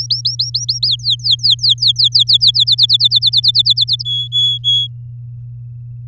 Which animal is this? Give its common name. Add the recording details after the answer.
Domestic Canary. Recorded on 9 May 2018 at 10:54. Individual llb16